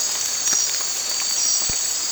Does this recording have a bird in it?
no